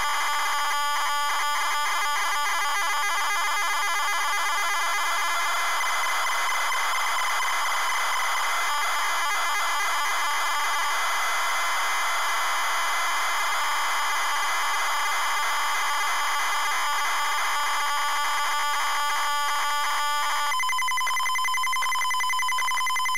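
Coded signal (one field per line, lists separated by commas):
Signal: ZX Spectrum tape loading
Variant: ZX Spectrum +3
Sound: harsh buzzing, screeching data noise, then a rapidly pulsing buzzy tone near 1 kHz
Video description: ZX Spectrum load up and quick game play of Auf Wiedersehen Monty loaded up using a zx spectrum +3 with a wh smith cpd8300 cassette player.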